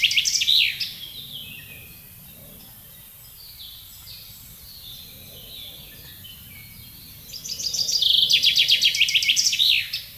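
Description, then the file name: Common chaffinch song heard twice, a song ending at the start and a full descending rattle with final flourish near the end, with quieter birds and low rumble between. "Fringilla coelebs"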